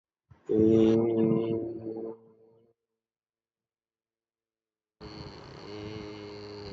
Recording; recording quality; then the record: sustained vowel as in made; excellent, no background noise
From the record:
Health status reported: respiratory illness, not identified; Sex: male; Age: 36 years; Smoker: yes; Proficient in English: yes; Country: India